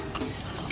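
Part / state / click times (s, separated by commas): distributor into engine distributor drive / not seated / none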